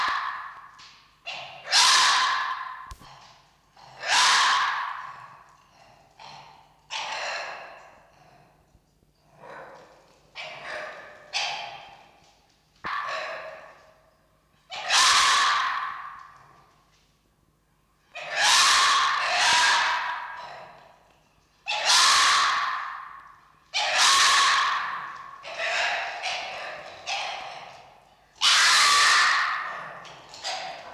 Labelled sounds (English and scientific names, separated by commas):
Red Fox (Vulpes vulpes)